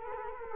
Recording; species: mosquito wingbeat signal from an infrared sensor; Culex quinquefasciatus